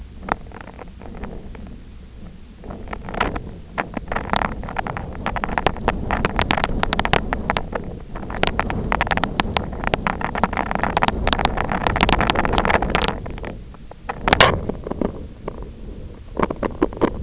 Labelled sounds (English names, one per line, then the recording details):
none
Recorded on Arctic tundra, site IGLO-F, on 24 June 2018
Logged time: 20:00